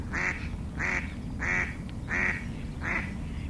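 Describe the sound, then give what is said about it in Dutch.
A mallard duck, about 20 to 25 metres away, quacks five times in a steady, evenly spaced series, each call a nasal, raspy burst over a constant low rumble of background noise. “Met het geluid van de wilde eend.”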